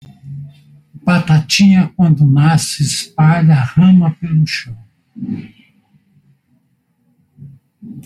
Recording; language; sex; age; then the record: short text; Brazilian Portuguese; male; 60 to 69 years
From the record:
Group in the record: control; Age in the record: 64 years